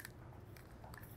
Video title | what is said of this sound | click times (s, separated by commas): BMW DCT Parking Lockout Mechanism Repair DIY (2010-2016 BMW E90 335is, E82 135i, E89 Z4 sDrive35i) | uh I just heard a click so that's done | 0.0 s